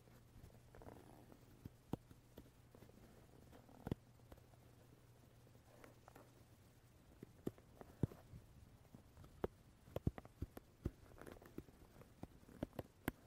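A wooden brush is tapped and touched in irregular, sharp knocks, clustering after seven seconds, over a steady low hum and soft rustling.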